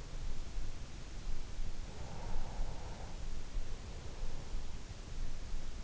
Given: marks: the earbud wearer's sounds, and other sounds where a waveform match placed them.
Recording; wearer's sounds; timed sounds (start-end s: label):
sounds in sleep by an in-ear microphone; breath
1.33-3.59 s: breath